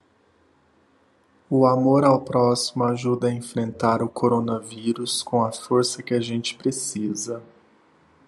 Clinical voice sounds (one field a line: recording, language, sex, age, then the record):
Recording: spoken sentence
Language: Brazilian Portuguese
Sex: male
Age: 30 to 39 years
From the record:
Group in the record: control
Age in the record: 33 years